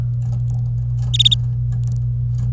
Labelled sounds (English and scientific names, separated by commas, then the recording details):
Domestic Canary (Serinus canaria) song
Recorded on 26 April 2018 at 09:17
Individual llb3